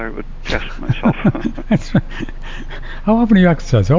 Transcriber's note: laughing